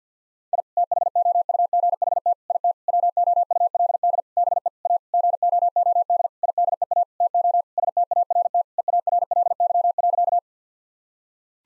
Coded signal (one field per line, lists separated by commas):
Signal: Morse code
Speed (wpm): 50 wpm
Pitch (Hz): 700 Hz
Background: none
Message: I THOUGHT IT WOULD BE A GOOD IDEA TO START EARLY.